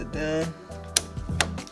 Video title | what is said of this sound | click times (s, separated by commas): Building a Computer from Scratch (w/ RGB Lights) | it locks straight down, and then it locks into place. | 1.0 s, 1.4 s